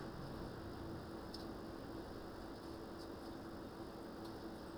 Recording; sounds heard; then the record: poultry house recording; no chicken sound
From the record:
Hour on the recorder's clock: 19